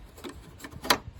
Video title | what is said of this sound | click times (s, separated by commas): 2010 Impala LTZ headlight change, new bulb replacement | and just snaps in place | 0.9 s